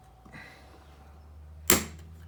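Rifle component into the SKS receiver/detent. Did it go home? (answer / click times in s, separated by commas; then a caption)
yes / 1.7 s. During reassembly of a newly acquired Chinese Type 56 SKS rifle, a metal part is pushed in and forward into the receiver. After a quiet stretch with faint handling noise, it pops into place with a single sharp, bright click at 1.7 s as it snaps onto a small detent, and the part is seated.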